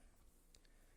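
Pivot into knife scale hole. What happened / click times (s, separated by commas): The small metal pivot dropped into its flat and locked / 0.5 s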